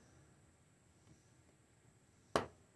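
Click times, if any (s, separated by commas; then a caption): 2.4 s. A small metal frame screw in a folding knife's handle is turned backwards in its threaded hole, with only faint quiet sounds at first. At 2.4 s the thread start drops into line with a single sharp click. The screw is now lined up, so it won't be stripped when tightened.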